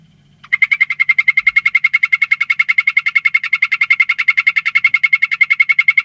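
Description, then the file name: Golden poison frog calling: a long, steady trill of rapid, evenly spaced chirping pulses, running without a break after a short silent start. "Phyllobates Terribilis calling"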